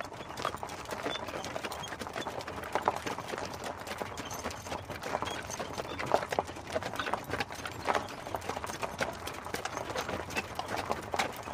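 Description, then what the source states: Horse hooves clopping steadily, rapid overlapping knocks throughout over a constant rushing background noise. Dated 2022 6 3.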